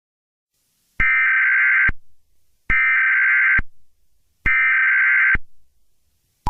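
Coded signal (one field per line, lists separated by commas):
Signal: Emergency Alert System (SAME) tones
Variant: header bursts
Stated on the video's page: Fictional EAS scenario, a simulated alert.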